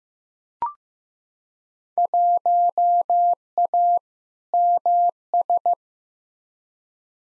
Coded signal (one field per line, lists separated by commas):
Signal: Morse code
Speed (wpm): 15 wpm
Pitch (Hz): 700 Hz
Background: none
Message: 1A MS